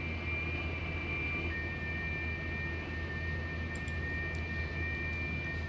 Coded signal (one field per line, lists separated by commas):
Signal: FT8